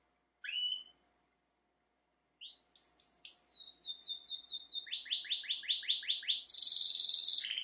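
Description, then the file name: Canary singing: a single sweeping note, a pause, then short chirps leading into a fast series of descending slurred notes and a bright sustained rolling trill. "Canary Voice"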